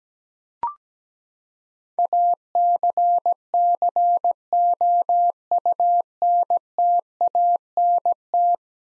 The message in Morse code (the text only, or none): ACCOUNTANT